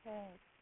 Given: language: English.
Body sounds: throat vibration sensor signal played as sound; speech

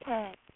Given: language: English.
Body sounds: throat vibration sensor signal played as sound; speech

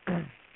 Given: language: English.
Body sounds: throat vibration sensor signal played as sound; throat clearing

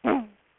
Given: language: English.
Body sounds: throat vibration sensor signal played as sound; throat clearing

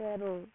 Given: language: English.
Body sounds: throat vibration sensor signal played as sound; speech

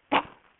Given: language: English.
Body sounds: throat vibration sensor signal played as sound; cough

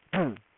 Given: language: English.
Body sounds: throat vibration sensor signal played as sound; throat clearing

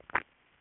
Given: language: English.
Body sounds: throat vibration sensor signal played as sound; swallow

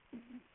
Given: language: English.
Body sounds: throat vibration sensor signal played as sound; swallow

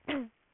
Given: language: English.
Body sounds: throat vibration sensor signal played as sound; cough

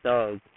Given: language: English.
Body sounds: throat vibration sensor signal played as sound; speech

